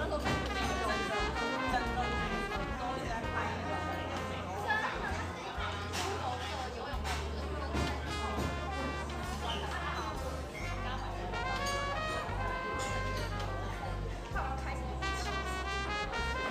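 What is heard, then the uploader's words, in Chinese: Café ambience with a dense, constant murmur of overlapping voices and chatter, some higher voices standing out now and then. A steady low hum runs underneath, shifting in level at several points, with occasional brief clinks and knocks scattered throughout. 來自咖啡廳的白噪音。本集就是現場錄製咖啡廳的白噪音。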